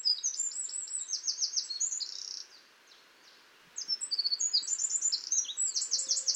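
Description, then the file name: Eurasian wren song of rapid, piercing trills and chips, stopping briefly midway and then restarting just as vigorously against light background hiss. "Troglodytes troglodytes"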